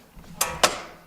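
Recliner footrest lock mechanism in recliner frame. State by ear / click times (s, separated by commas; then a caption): seated / 0.4 s. A repaired recliner footrest lock mechanism in the recliner frame, fitted with a new spring so the footrest will stay down, is closed by hand. Its metal linkage locks into place with a sharp click at 0.4 s, followed by a second sharp snap at about 0.6 s that rings down. The mechanism is seated and locked.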